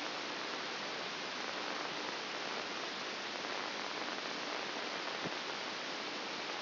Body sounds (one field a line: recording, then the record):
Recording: brain microelectrode recording played as sound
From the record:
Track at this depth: inside the subthalamic nucleus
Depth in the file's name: 5.063 mm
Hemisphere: left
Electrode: 2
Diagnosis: Parkinson's disease